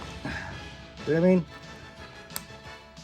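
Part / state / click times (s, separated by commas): plastic holster into its mount on an action figure / seated / 2.4 s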